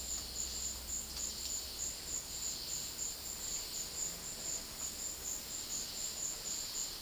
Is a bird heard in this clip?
no